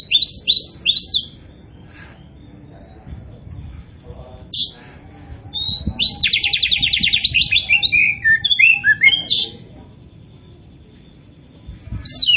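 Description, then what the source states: Oriental magpie-robin song with quick descending whistles, then a long fast trill-like series of chattering notes, ending in a short burst. Indonesian name kacer poci; described as gacor, singing actively.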